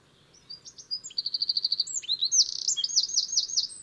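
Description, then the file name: Eurasian wren giving a fast, shrill song: a rapid even trill followed by tumbling high warbled notes, loud and continuous. "Troglodytes troglodytes"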